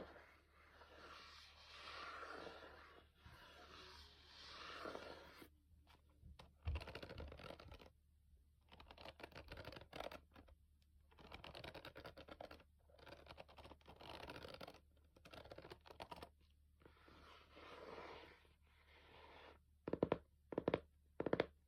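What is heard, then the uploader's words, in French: ASMR tapping and scratchy rustling in uneven bursts with short silences, ending in several sharp, crisp taps, over a faint low hum. ASMR taping principalement. ASMR tranquille no talking.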